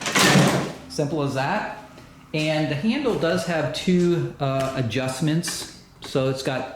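On a Ryobi 40V electric lawn mower, the storage lever is pushed down and the folding handle swings up and locks into the mower deck bracket in its upright position. Two loud knocks are heard at 0.1 s and 0.2 s as the handle seats and locks in place. Someone then talks for the rest of the clip.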